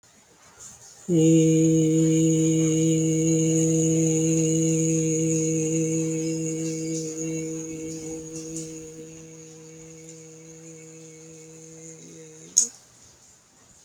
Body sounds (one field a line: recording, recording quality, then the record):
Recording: sustained vowel as in made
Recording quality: excellent, no background noise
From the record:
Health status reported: healthy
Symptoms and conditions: diabetes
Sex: male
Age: 67 years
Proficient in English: yes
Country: India